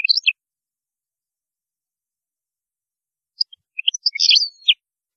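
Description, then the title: European goldfinch song: a brief twittering burst at the start, then silence, then a longer run of liquid, tinkling high notes and trills. "Chant Chardonneret"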